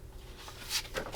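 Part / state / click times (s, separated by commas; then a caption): gauntlet model base part into the base assembly / not seated / none. A gauntlet base part for a FanHome Thanos Infinity War Gauntlet model kit (stages 47–51), made of plastic or metal, is handled and positioned against its mount in the base assembly. Soft rustling and handling noises are heard, with brief brighter scrapes near 0.8 and 1.0 seconds. Nothing has seated or clicked yet.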